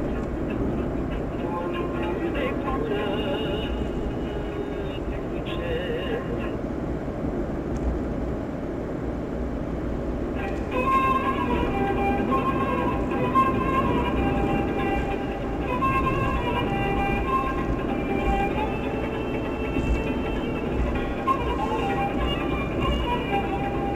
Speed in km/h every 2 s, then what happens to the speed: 73, 73, 71, 71, 71, 73, 76, 77, 76, 76, 75, 73.
0-8 steady at about 71. 8-13 speeds up to 77. 13-24 steady at about 76.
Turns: none.